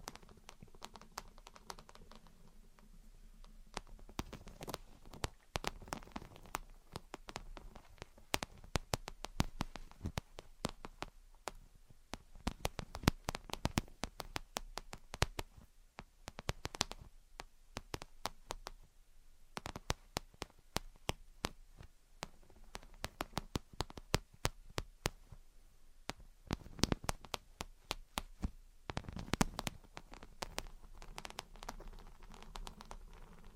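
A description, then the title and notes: Gentle tapping and scratching runs through the whole recording as a dense, irregular stream of short, crisp clicks and taps, some sharper and louder than others. A few quick bursts stand out around 5, 16, 27 and 29 seconds, over a soft low hum. Gentle Tapping and Scratching. (No Talking).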